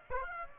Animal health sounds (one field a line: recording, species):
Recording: mosquito wingbeat signal from an infrared sensor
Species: Aedes aegypti